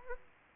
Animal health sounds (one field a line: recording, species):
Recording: mosquito wingbeat signal from an infrared sensor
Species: Aedes aegypti